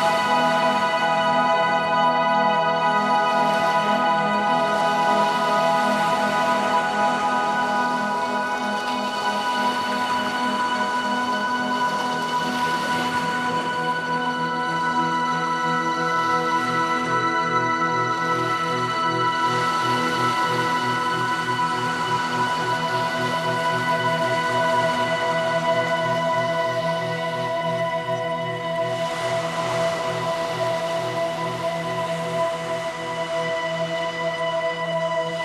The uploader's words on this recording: We are still on Sauvie Island, walking along the beach of a wooded peninsula called Willow Bar Beach. It’s a cool late October morning. The wave action is the wake of small, medium and large ocean-going ships.